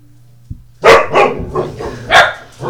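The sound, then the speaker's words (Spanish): A run of sharp, loud dog barks in quick succession, about five or six yaps with a brief pause midway, over a low steady hum. “¿Perras quieren intervenir también?”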